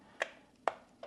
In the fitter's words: you hear a click and it's in.